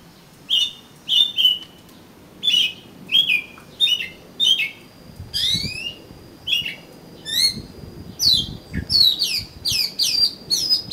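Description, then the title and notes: Oriental magpie-robin song of clear whistled notes and quick downward sweeps, delivered in repeated phrases. "suara kacer. kumpulan suara burung kacer"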